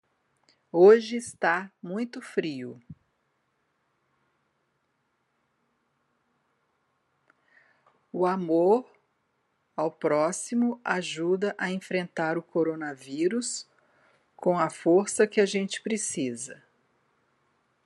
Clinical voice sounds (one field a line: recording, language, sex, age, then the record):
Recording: spoken sentence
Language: Brazilian Portuguese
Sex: female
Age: 60 to 69 years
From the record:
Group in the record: control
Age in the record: 60 years